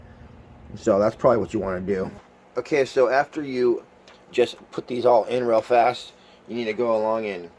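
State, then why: Not seated. Pellets are being handled for loading into the rotary magazine of a Sig Sauer MPX semi-auto .177 caliber air rifle, a full-metal M4 replica. Throughout the clip someone talks over a faint steady background hum. Nothing has seated or snapped into place yet.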